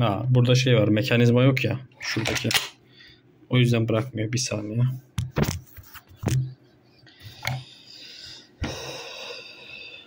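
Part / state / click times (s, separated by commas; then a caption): magazine into rifle magazine well / partly seated / 7.5 s. A magazine is inserted into the magazine well of a Derya MK 12 semi-automatic rifle while someone talks, with metallic clicks and clacks during handling and a sharp click at 7.5 s. The magazine is not fully seated, which is probably why the bolt did not hold back.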